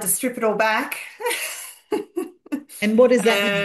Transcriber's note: laughs